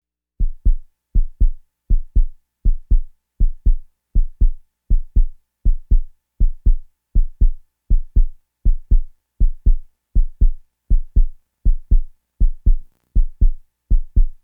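A steady, regular heartbeat at about 80 beats per minute, each beat a low, paired lub-dub thump.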